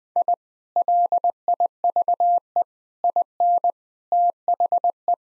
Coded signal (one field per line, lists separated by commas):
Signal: Morse code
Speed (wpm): 20 wpm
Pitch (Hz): 700 Hz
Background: none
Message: I LIVE IN THE